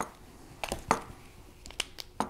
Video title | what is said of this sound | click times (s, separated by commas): Times Microwave LMR600 | you hear that snap and that's really locked down there now that boot is locked down there solid | 0.9 s, 1.8 s